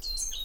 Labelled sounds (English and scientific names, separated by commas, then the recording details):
Stitchbird (Notiomystis cincta) song
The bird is a male
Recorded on Tiritiri Matangi Island, New Zealand, in 2005
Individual 10, of nest box 12